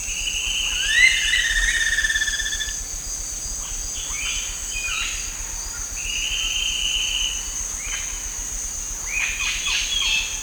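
Bird calls: sustained whistled notes, one sharply rising, separated by pauses, with a constant high-pitched insect drone throughout.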